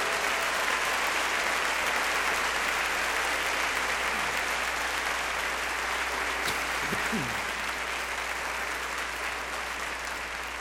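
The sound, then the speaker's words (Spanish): A concert audience claps steadily and densely for about ten seconds for young performers, a continuous loud wash of applause with a few faint cheers and shouts rising briefly through it. “Estos jóvenes, se vale gritar y echar la porra, por supuesto.”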